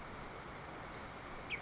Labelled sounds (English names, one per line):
California Towhee